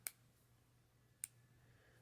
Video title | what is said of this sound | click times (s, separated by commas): Tudor Black Bay Black ETA - A Vintage Inspired Watch Done Right! | adding to that smooth operation of the clasp, and it just has a really satisfying click when you close it. | 0.1 s, 1.2 s